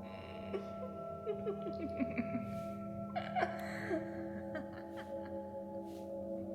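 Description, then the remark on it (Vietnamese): A wavering, eerie laugh rises and falls in short bursts over a steady low hum and tonal drone, sounding ghostly and unsettling throughout, ringing out at night. “Thì đúng lúc ấy tiếng khóc lại biến mất, thay vào đó là một tiếng cười ma quái rần rợn vang lên trong đêm.”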